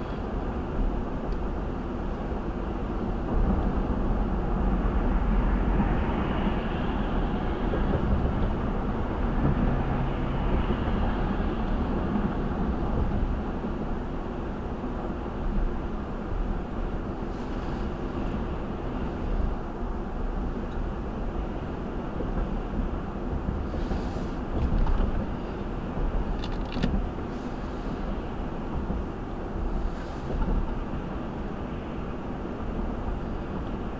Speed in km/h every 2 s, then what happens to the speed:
82, 82, 81, 79, 79, 82, 82, 79, 79, 77, 77, 79, 79, 79, 76, 76, 77.
0-34 steady at about 79.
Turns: none.